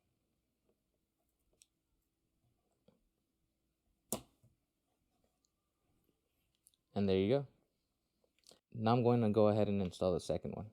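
A first RAM module is pressed into a motherboard DIMM slot with two hands until the retention clip snaps, giving a sharp click at 4.1 s. A few faint ticks come before and after, and then someone talks. The module is seated.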